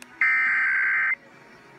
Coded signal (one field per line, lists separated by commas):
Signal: Emergency Alert System (SAME) tones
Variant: header bursts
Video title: PA Required Monthly Test (1/24/19)